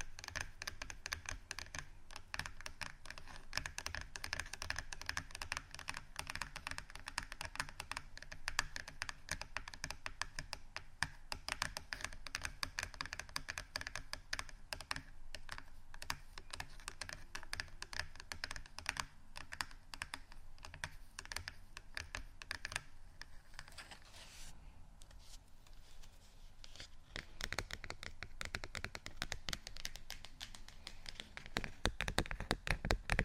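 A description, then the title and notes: ASMR tapping, fast and dense like keyboard typing, steady throughout with a brief thinner stretch near 25 seconds and heavier taps at the end. ASMR Tapping Only For Relaxation（No Talking）.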